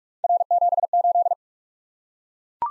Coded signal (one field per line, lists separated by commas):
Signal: Morse code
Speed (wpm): 44 wpm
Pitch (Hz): 700 Hz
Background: none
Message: R78